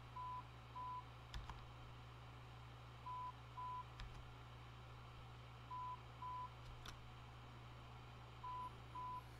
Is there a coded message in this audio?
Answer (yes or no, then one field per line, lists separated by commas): no